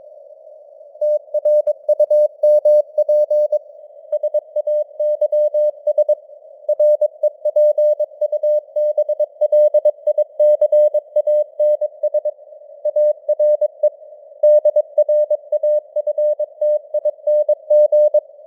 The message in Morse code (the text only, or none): TRUMP SAYS REPUBLICANS ARE DRAFTING